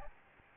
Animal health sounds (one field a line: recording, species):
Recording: mosquito wingbeat signal from an infrared sensor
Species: Aedes albopictus